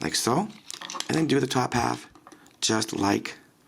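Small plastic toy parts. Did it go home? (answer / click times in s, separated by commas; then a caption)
no / none. Someone talks while handling the top half of a plastic toy, lining it up to peg it in onto its pegs, a slightly tricky step. Faint handling noises sit under the voice, and nothing has seated or clicked yet.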